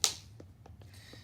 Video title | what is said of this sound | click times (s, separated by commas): iPad (and Phone) Cleaning | snap every single one of these stupid things in place until you hear a click. | 0.0 s